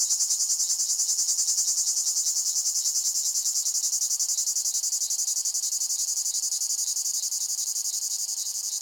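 Cicada (Lyristes): cicada song: an intense, high, steady buzz throughout, rapidly pulsed in an even rhythm that weakens slightly toward the end.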